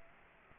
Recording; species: mosquito wingbeat signal from an infrared sensor; Aedes aegypti